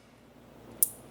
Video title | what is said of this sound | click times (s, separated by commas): OVERTAKE 2002-07 Subaru WRX, 04-21 STI, 04-08 FXT Turbo Inlet, Phenolic, BPV Hose Install Guide | There should be a nice click when that gets seated. | 0.8 s